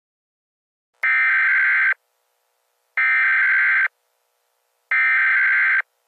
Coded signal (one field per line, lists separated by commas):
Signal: Emergency Alert System (SAME) tones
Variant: header bursts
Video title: EAS Scenario: Georgia Weather Disaster